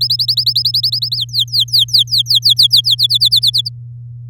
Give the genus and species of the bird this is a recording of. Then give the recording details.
Serinus canaria. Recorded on 8 May 2018 at 12:14. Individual llb16